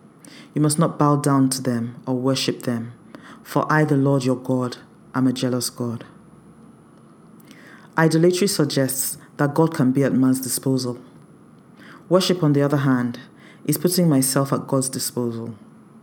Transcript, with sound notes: You must not bow down to them or worship them, for I, the LORD your God, am a jealous God…” [with emphasis]
Idolatry suggests that God can be at man’s disposal. Worship on the other hand is putting myself at God’s disposal.